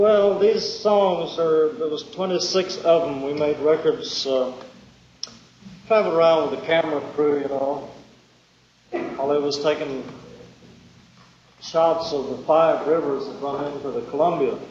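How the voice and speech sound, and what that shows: Slow, halting male speech with long pauses, drawn-out words and slurred consonants, fitting dysarthria.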